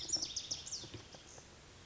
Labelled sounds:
Pacific Wren (Troglodytes pacificus)

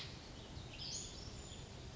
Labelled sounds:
Western Flycatcher (Empidonax difficilis)

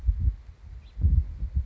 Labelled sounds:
House Finch (Haemorhous mexicanus)

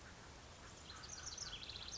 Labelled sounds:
House Wren (Troglodytes aedon)

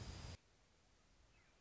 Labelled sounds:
American Robin (Turdus migratorius)

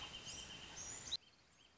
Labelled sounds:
Wrentit (Chamaea fasciata)

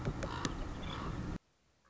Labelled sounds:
Common Raven (Corvus corax)

